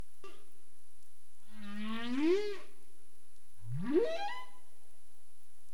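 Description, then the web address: Humpback whale vocalizing: a drawn-out moan that bends upward at its end, followed by a fast rising whoop sliding from low to high pitch. Recorded 27 April 2035 at 21:47:31 UTC. "CARIMAM. humpback whale 20350427 214731 UTC"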